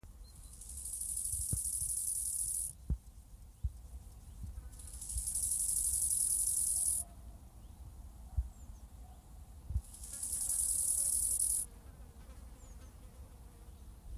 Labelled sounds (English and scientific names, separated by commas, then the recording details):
Bow-winged Grasshopper (Chorthippus biguttulus) stridulation
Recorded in the wild
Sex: male
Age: imago
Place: Strausberg, Barnim, Brandenburg, DE
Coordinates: 52.5375, 13.8989
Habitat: meadow
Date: 1989-08-13 18:12
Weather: sonnig, 26°C in Sonne
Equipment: Riporter 6 RG-K, Halbspur, Sennheiser MKH 416 T
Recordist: Frommolt, Karl-Heinz
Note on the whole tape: Annatal, Südhang mit lichter Vegetation: Gesang. Bestimmung rein akustisch